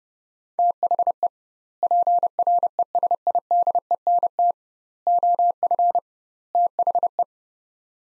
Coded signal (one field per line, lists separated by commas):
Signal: Morse code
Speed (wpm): 32 wpm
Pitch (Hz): 700 Hz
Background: none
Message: THE PRESIDENT OF THE